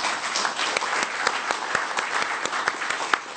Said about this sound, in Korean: 이것으로 오늘 공식적인 토론 순서는 마치도록 하겠습니다. 다시 한번 박수 한번 보내주십시오.